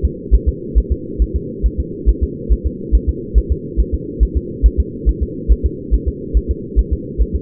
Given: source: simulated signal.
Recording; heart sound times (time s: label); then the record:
fetal heart sounds
0.05 s: S2
0.34 s: S1
0.49 s: S2
0.78 s: S1
0.92 s: S2
1.22 s: S1
1.36 s: S2
1.66 s: S1
1.80 s: S2
2.09 s: S1
2.23 s: S2
2.53 s: S1
2.66 s: S2
2.95 s: S1
3.09 s: S2
3.38 s: S1
3.52 s: S2
3.80 s: S1
3.94 s: S2
4.23 s: S1
4.37 s: S2
4.66 s: S1
4.80 s: S2
5.09 s: S1
5.23 s: S2
5.52 s: S1
5.66 s: S2
5.94 s: S1
6.08 s: S2
6.37 s: S1
6.51 s: S2
6.79 s: S1
6.93 s: S2
7.22 s: S1
7.36 s: S2
From the record:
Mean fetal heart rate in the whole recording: 140 bpm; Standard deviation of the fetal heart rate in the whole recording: 2 bpm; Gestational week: 34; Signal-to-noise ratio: -4.1 dB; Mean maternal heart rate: no maternal heart sound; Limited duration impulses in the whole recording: absent